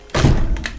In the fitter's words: and then you have to wait till it clicks like